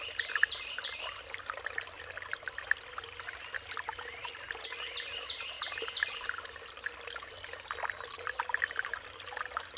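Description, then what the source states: Songbirds singing, several short high phrases over a steady rush of flowing water. Riparian zone.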